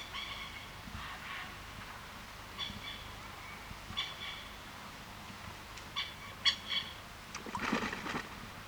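Pied kingfisher calls: short harsh, squeaky notes in bursts, repeated irregularly, with a louder noisy chattering flurry near the end.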